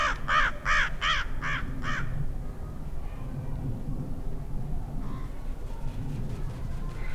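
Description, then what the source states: American crow harsh nasal calls, six in quick succession over two seconds, then only faint sounds over a low rumbling background. Mixed conifer forest of Douglas fir, ponderosa, lodgepole and limber pine with open rocky areas and little underbrush.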